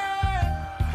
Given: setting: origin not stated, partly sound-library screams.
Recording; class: one-second piece from a danger detection set; normal situation